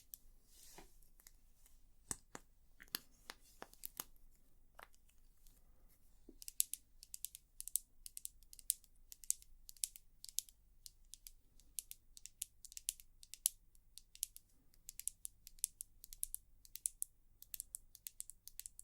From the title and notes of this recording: ASMR 100% Tapping for EXTREME tingles & sleep (No Talking).